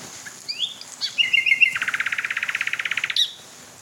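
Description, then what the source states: Common Nightingale phrase: rising whistled notes, then a loud fast throbbing trill of many repeated notes, ending abruptly. Singing male heard from closer range as the recordist approaches; song described as having beating, fluting, tumbling and sobbing elements.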